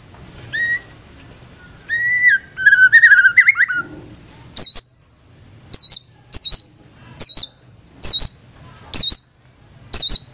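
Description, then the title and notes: White-rumped shama song: a few level and wavering whistles, then a series of sharp, high twisting notes repeated at short intervals. Masteran (tutor) recording for training cage birds. "Masteran Murai Batu"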